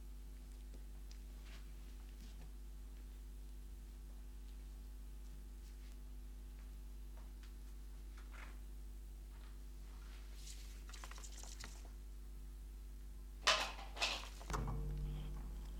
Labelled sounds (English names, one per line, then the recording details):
Common Pine Vole defence call
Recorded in captivity
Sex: female
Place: Wohnung, Berlin, DE
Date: 1988-09-18
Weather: Zimmertemperatur
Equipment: Tesla B 115, RFT DM 2415 (Originalband)
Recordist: Frommolt, Karl-Heinz